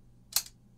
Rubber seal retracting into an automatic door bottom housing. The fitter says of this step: snaps up every time you open the door you're going to hear that snap